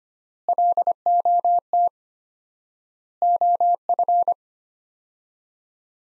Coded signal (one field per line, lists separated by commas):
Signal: Morse code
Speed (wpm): 25 wpm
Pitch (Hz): 700 Hz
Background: none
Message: LOT OF